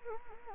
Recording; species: mosquito wingbeat signal from an infrared sensor; Anopheles gambiae